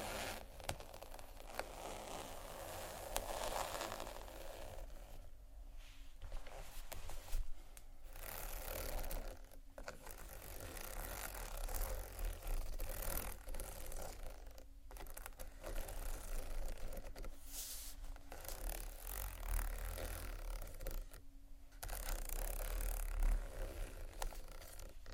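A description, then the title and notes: Fingers tap and scratch across textured bags, with dense rustling and crinkling that runs almost without a break. Brief pauses fall around 6, 15 and 21 seconds. A low steady hum sits underneath throughout. ASMR TEXTURED BAGS TAP & SCRATCH (No Talking).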